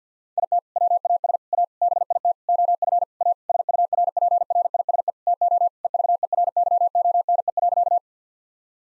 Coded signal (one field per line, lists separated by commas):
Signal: Morse code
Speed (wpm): 50 wpm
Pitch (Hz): 700 Hz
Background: none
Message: IT WAS A BIT OF A SURPRISE TO EVERYONE.